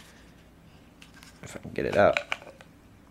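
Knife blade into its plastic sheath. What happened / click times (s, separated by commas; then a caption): Handled, not yet home: the blade has not snapped into its sheath / none. A knife blade is handled at the mouth of its plastic sheath while someone talks, with small scraping and handling noises building toward the end. Nothing has seated or clicked yet; the clip ends just before the blade is pushed home and snaps into place.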